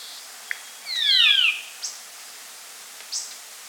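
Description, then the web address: Band-tailed manakin giving one buzzy, harmonic-rich descending call, with brief high chips before and after. Recorded in the Amazon of Peru. "Birds of the Amazon 3. Band-tailed Manakin (Pipra fasciicauda), Peru"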